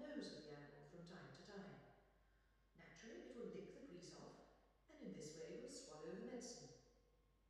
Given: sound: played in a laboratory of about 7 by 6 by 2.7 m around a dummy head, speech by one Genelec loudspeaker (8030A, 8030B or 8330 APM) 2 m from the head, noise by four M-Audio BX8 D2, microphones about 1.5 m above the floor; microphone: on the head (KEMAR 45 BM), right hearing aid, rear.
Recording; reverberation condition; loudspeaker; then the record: female speech in English; high; 120 degrees to the left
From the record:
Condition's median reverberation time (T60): about 1300 ms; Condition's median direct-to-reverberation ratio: about -4.0 dB